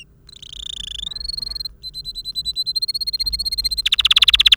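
Canary song: a sustained whistled note, then rapid repeated chips, ending in a loud, fast buzzy trill.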